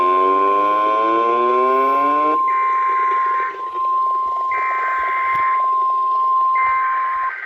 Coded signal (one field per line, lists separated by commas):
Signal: Emergency Alert System (SAME) tones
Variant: 1050 Hz attention tone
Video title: Emergency alert system #181-204